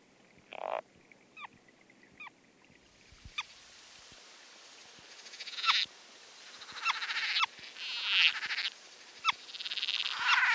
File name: Foothill yellow legged frog